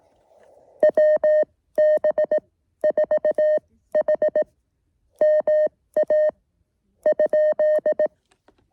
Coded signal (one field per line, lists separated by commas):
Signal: Morse code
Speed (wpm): 18 wpm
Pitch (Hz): 610 Hz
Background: none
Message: WB4H MA ?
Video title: KD2YDN activates W2/GC-115 Red Hill QRP SOTA